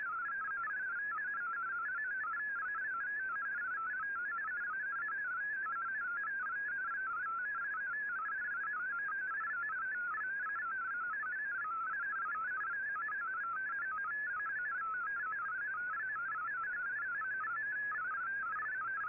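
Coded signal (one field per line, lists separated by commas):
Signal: multi-tone FSK (Olivia or MFSK type)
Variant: MFSK32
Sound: rapid warbling single tone hopping between many pitches, steady and continuous, like bubbling whistle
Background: radio static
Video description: Here is my decode of the Shortwave Radiogram broadcast today on 15770Khz shortwave radio at 1300UTC in MFSK32 and 64 with 11 SSTV images.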